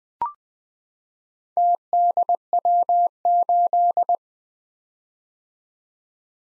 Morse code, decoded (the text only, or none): TDW8